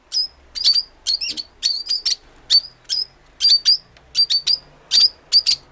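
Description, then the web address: Fischer's lovebird chirps, sharp high squeaky notes repeated rapidly in pairs, threes and singles, steady throughout. "golosa ptic kak poyut popugai nerazlucniki agapornis. parrots agapornis-fischeri"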